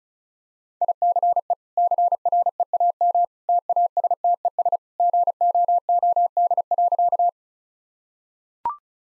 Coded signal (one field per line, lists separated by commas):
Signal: Morse code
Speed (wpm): 34 wpm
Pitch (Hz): 700 Hz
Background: none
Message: ICE CREAM TASTES GOOD.